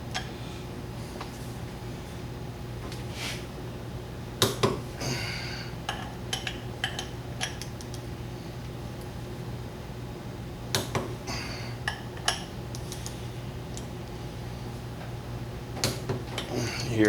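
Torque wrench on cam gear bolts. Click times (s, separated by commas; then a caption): 4.4 s, 6.8 s, 10.7 s, 12.3 s, 15.8 s. A torque wrench tightens the bolts on the cam gear of a VW 1600 engine, giving sharp metallic clicks at about 4.4, 6.8, 10.7, 12.3 and 15.8 seconds over a steady low hum. Each click marks a bolt reaching its torque setting, and the bolts are good.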